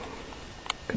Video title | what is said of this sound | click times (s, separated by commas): Airsoft MP7A1 | you have to listen for the click and then you're good to | 0.7 s